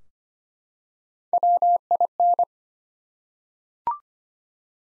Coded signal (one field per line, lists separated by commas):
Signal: Morse code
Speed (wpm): 25 wpm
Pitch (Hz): 700 Hz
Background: none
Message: WIN